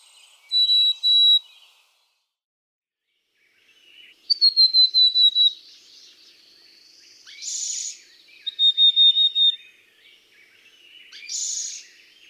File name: Black-capped Chickadee